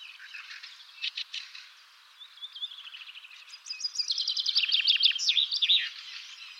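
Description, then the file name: Common chaffinch song: scattered high notes, then a fast series of chipping notes growing into a louder trill with a final flourish. "Fringilla coelebs"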